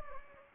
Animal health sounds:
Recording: mosquito wingbeat signal from an infrared sensor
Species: Anopheles gambiae

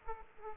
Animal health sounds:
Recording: mosquito wingbeat signal from an infrared sensor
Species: Aedes aegypti

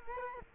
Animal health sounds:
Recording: mosquito wingbeat signal from an infrared sensor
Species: Culex quinquefasciatus

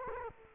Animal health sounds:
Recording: mosquito wingbeat signal from an infrared sensor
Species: Culex quinquefasciatus

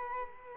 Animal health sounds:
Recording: mosquito wingbeat signal from an infrared sensor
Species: Culex quinquefasciatus

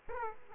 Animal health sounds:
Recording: mosquito wingbeat signal from an infrared sensor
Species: Aedes aegypti

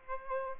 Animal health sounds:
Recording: mosquito wingbeat signal from an infrared sensor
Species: Aedes aegypti

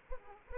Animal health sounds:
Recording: mosquito wingbeat signal from an infrared sensor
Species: Anopheles arabiensis

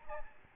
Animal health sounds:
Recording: mosquito wingbeat signal from an infrared sensor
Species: Aedes albopictus

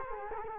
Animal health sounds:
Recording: mosquito wingbeat signal from an infrared sensor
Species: Culex quinquefasciatus

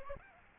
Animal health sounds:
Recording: mosquito wingbeat signal from an infrared sensor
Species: Aedes albopictus

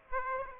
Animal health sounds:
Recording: mosquito wingbeat signal from an infrared sensor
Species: Aedes aegypti

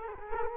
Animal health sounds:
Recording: mosquito wingbeat signal from an infrared sensor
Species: Culex quinquefasciatus

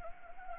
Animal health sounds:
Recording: mosquito wingbeat signal from an infrared sensor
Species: Anopheles gambiae

